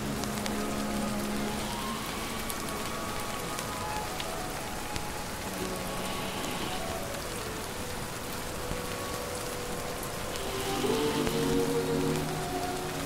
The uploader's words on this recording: Rainy Night in Bucky Barnes’ Brooklyn Apartment || Marvel Ambience. The rain pattering against the open bedroom window, accompanied by the sounds of the city nightlife.